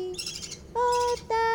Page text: セキセイインコのヒナの鳴き声その2（環境音）. riricoさんの鳥さんピーちゃん